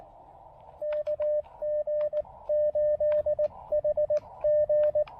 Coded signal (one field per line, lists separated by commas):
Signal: Morse code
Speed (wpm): 18 wpm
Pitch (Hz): 590 Hz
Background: radio noise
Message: KG8HG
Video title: POTA: Making the most of rainy day with QRP and Coffee at Tuttle Educational State Forest!